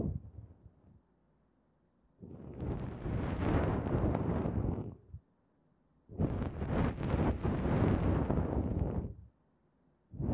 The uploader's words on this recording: Tascam 耳掃除 | Tascam Ear Cleaning | NO Talking.